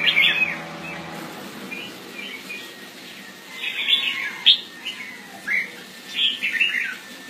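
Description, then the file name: Red-whiskered bulbul making short, scattered chirps and slurred whistles, some in quick pairs, with a low steady hum early on. "Pycnonotus jocosus"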